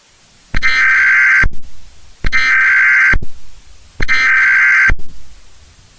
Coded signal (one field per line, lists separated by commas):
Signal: Emergency Alert System (SAME) tones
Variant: header bursts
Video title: EAS- Civil Danger Warning for Illinois